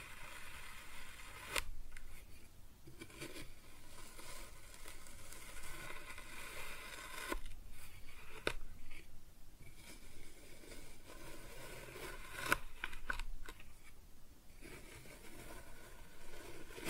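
Kinetic sand is cut and scooped in a soft, grainy scraping that runs almost without pause. Brief sharp ticks land near 1.5, 7.5, 8.5 and 12.5 seconds, and short quieter gaps follow several of them before the crumbly rustle resumes.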